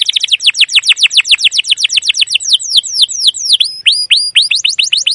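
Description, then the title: Canary song: quick series of high descending chirps several times a second, with a few slower, spaced sweeping notes before a final fast run. Long, continuous 'cuit cuit' trilling; used as a lure to train young canaries to sing. "CUIT CUIT NGEROL LANGSUNG GACOR PANJANG Kenari Ini Utk Pancingan KENAR. PANCINGAN Kenari GACOR PANJANG Cuit CUIT EMOSI ini utk MASTERAN Kenari PAUD belajar BUNYI"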